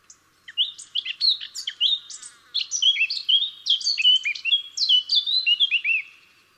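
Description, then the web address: Eurasian blackcap delivering a lively warble of chattering notes and slurred whistles for over five seconds. "SETE data Sylvia atricapilla"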